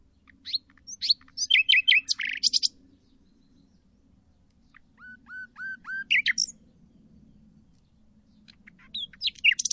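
Bird chirping: bursts of quick, varied high chirps, then a short run of four sliding notes, pauses, and a final brief flurry, over a low steady hum.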